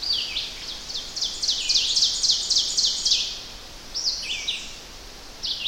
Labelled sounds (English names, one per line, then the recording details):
Ovenbird song
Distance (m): 25 m
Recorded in boreal forest in Alberta, Canada, on 10 June 2016 at 07:00
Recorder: SongMeter 3, array SBT-3-39
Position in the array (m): 197 m, 89 m
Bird 17